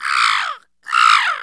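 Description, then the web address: Crow cawing: two harsh, raspy caws, each about half a second long, separated by a brief silence. "AKAI S-Series CD-ROM Sound Library VOL-6 ANIMALS CROW"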